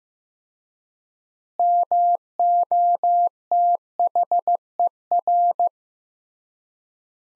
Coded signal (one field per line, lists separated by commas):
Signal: Morse code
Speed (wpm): 16 wpm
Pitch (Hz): 700 Hz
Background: none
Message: MOTHER